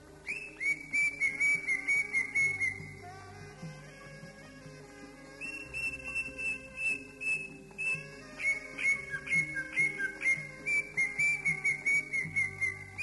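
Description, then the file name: Leafbird gives long runs of rapid, evenly repeated whistles, with a quieter break early on; steady low tones in the background. "cucak ijo"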